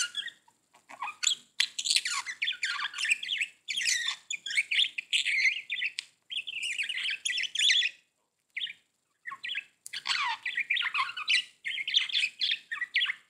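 Budgerigar warbling: a long, busy stream of chattering, scratchy and whistled notes, nearly continuous with a few short pauses.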